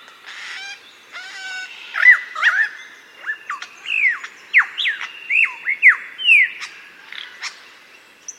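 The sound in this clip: Superb lyrebird song opening with buzzy rattles, then a fast series of loud looping, slurred whistled notes.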